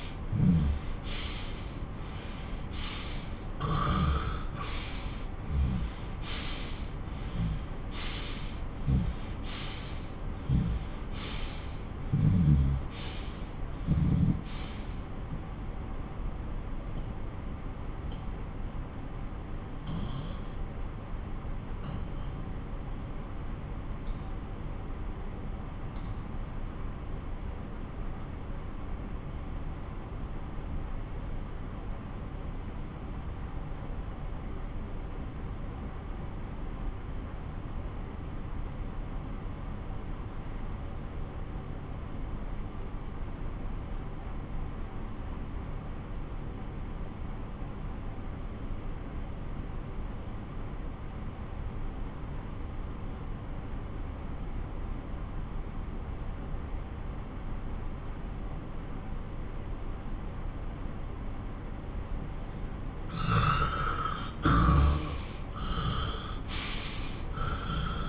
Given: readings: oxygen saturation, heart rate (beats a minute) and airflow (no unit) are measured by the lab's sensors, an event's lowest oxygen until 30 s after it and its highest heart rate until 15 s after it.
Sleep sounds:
breathing in sleep by a smartphone at the bedside; 1
13.00-60.30 s: obstructive apnea (N1, oxygen 97% highest, then 88% lowest)
23.00-53.00 s: new sleep stage, N2 (light sleep)
53.00-68.09 s: new sleep stage, N1 (lightest sleep)
From the record:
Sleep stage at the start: N1 (lightest sleep); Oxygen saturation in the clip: 86 to 97%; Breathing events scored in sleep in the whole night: 217 in 6.3 hours asleep

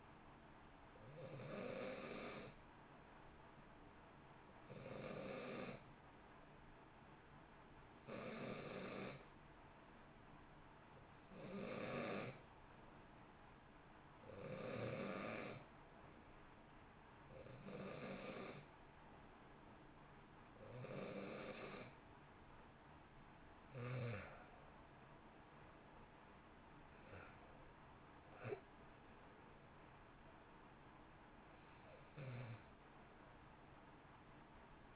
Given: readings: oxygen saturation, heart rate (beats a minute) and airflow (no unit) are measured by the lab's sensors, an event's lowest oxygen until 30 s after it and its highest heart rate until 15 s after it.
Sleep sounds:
breathing in sleep by a voice recorder at the bedside; 1
6.00-23.80 s: hypopnea (N2, oxygen 90% highest, then 89% lowest, heart rate 62 at the start, 67 highest)
23.00-34.96 s: new sleep stage, N1 (lightest sleep)
From the record:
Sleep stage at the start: N2 (light sleep); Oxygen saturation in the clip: 89 to 90%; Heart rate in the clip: 58 to 67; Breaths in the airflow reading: 10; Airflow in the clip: -1.4 to 2.3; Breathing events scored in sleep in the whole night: 328 in 6.3 hours asleep

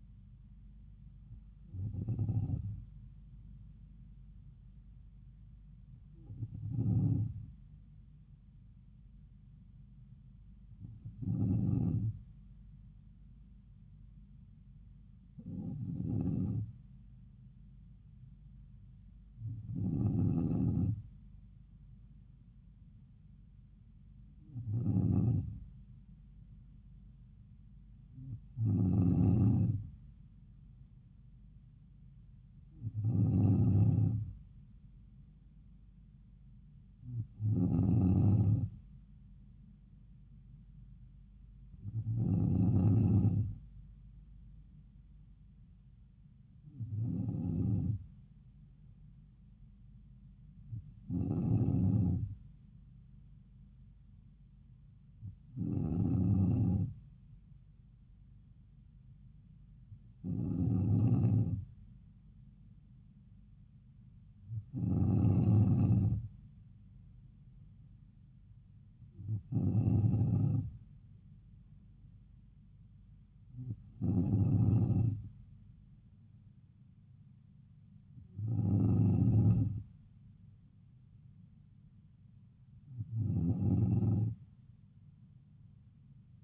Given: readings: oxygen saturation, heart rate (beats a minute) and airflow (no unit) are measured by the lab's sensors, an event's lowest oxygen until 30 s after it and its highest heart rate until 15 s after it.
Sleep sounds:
breathing in sleep by a smartphone at the bedside; none
none scored
From the record:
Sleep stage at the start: N2 (light sleep); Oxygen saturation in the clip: 94 to 95%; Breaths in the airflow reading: 19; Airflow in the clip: -3.4 to 3.4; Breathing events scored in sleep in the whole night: 270 in 6.1 hours asleep

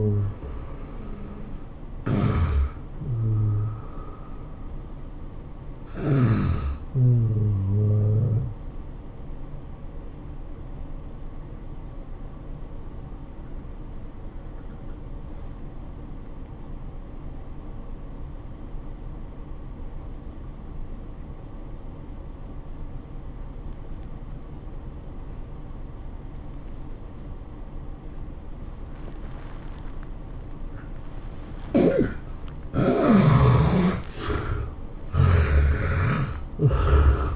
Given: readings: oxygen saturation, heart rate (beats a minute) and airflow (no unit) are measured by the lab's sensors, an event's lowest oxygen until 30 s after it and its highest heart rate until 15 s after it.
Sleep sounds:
breathing in sleep by a smartphone at the bedside; 1
6.00-33.10 s: hypopnea (N1, oxygen 96% highest, then 74% lowest, heart rate 98 at the start, 105 highest)
19.00-37.36 s: new sleep stage, N2 (light sleep)
From the record:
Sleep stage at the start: N1 (lightest sleep); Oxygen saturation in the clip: 73 to 96%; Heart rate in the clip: 82 to 104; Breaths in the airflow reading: 6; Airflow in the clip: -14.0 to 11.2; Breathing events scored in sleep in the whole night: 403 in 5.5 hours asleep

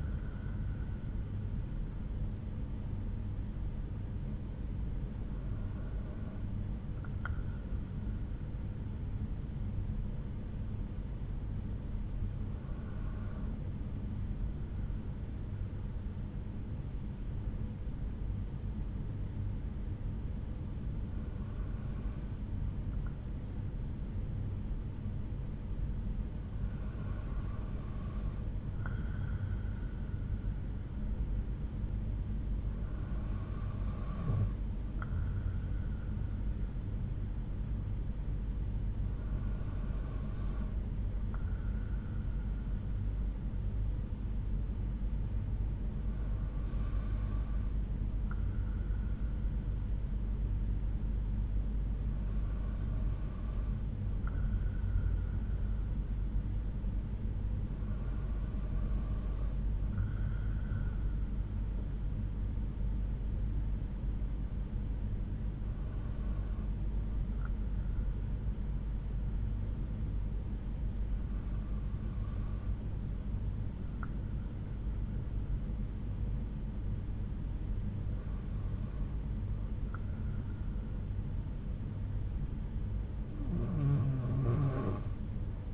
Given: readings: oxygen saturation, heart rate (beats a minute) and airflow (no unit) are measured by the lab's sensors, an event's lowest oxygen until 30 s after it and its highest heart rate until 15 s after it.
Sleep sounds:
breathing in sleep by a smartphone at the bedside; 1
7.00-29.10 s: hypopnea (N1, oxygen 95% highest, then 92% lowest)
28.00-85.74 s: new sleep stage, N2 (light sleep)
From the record:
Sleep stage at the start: N1 (lightest sleep); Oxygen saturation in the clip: 92 to 95%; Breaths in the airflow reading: 13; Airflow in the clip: -4.4 to 4.0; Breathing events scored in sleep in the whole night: 368 in 8.0 hours asleep

